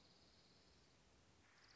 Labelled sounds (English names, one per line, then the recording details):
Dark-eyed Junco
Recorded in Sonoma County, California